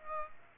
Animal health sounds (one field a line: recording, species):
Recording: mosquito wingbeat signal from an infrared sensor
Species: Aedes aegypti